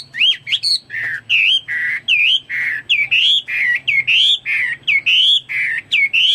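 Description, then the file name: Chinese hwamei song: strong, rich whistled notes, each bending up and down, delivered in quick succession in a lively sequence. "omkicau hwamei"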